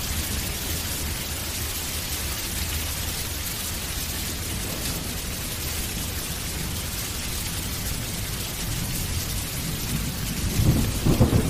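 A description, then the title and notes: Heavy rain pours steadily and densely throughout, a thick constant hiss with a low rumbling floor underneath. Near the end, around ten seconds in, deep thunder swells up, louder and rolling, as the clip closes. Heavy Rain and Deep Thunder Sounds - Torrential Rain Sounds.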